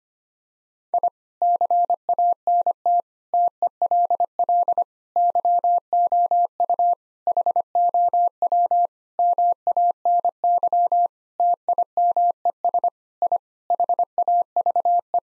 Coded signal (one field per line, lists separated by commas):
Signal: Morse code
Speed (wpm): 25 wpm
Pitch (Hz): 700 Hz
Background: none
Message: I CANT TELL YOU HOW MANY TIMES I HAVE